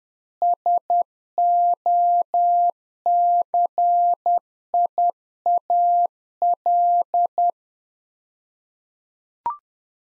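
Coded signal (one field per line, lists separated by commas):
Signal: Morse code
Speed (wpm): 10 wpm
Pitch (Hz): 700 Hz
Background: none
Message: SOCIAL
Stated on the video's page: Practice QSO in Morse code at 10 wpm, one-sided, for head-copy training.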